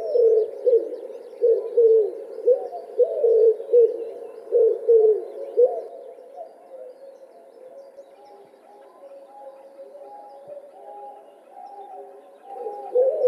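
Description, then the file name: Common wood pigeon cooing in low, hoarse phrases repeated for six seconds, then quieter soft tonal notes continuing in the background. Recorded in Russia. "Pticy Rossii - Vyahir Columba palumbus"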